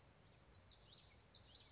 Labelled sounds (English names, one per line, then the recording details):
Common Yellowthroat
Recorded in Sonoma County, California